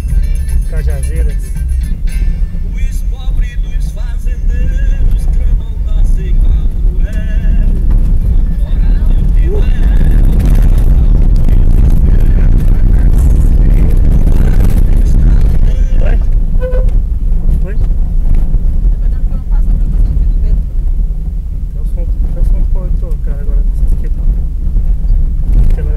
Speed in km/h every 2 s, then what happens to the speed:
27, 26, 25, 26, 28, 33, 33, 30, 30, 28, 29, 27, 25.
0-5 steady at about 26. 5-12 speeds up to 33. 12-26 steady at about 29.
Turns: none.